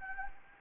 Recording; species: mosquito wingbeat signal from an infrared sensor; Anopheles gambiae